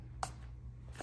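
With the release button held down, an all-terrain rear wheel is slid onto the axle mount of a Keenz 7S+ stroller wagon, and the button is then released. One sharp click at 0.2 s marks the wheel locking into place, followed by a fainter sound near 1.0 s. The wheel is seated.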